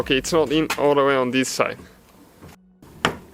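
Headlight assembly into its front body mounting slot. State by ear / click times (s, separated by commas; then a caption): seated / 3.0 s. Someone talks while pushing the unseated side of the plastic headlight housing on a 2011–2016 Hyundai Elantra, during a front turn signal bulb replacement, into its front body mounting slot. After a short quiet stretch, one sharp snap is heard at 3.1 seconds. The headlight assembly pops fully into place and is confirmed seated.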